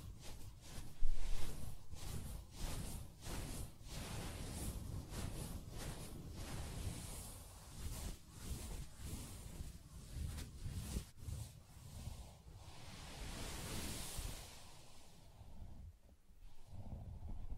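Soft fabric being tapped and scratched, with a quick, fairly regular run of light taps through the first eleven seconds. After that the sound turns to smoother, continuous rubbing and scratching that brightens around fourteen seconds, with a brief dip near sixteen.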